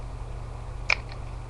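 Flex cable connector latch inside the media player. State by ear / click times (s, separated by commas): released / 0.9 s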